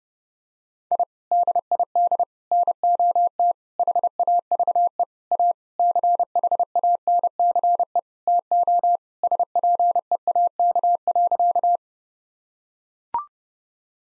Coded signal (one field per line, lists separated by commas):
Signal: Morse code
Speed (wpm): 30 wpm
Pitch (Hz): 700 Hz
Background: none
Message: I DID NOT HAVE A CHANCE TO SPEAK.